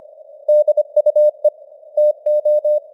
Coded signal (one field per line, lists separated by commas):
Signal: Morse code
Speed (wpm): 25 wpm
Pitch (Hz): 600 Hz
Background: none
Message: DUE TO